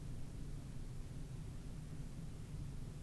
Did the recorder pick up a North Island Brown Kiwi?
no